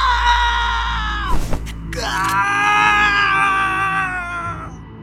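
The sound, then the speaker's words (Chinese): A man throws his head back and lets out a loud, anguished shout as he shoves someone away with sudden force, a strained wail that breaks off briefly after about a second and then swells into a long, sustained cry before trailing away. “他仰头大喊一声，用突然之间爆发出的巨大力量将博斯狠狠推开。”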